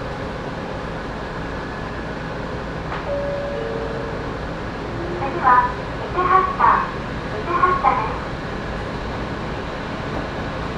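A ride on the Sangi Railway Sangi Line train, with a steady low rumble running throughout. A brief thin tone appears near three seconds, then three short bursts of high squealing and rattling arrive between five and eight seconds before the rumble settles again.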